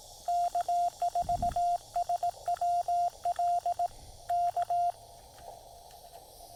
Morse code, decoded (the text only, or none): K4SWL K